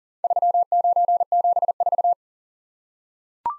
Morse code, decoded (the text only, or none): 3974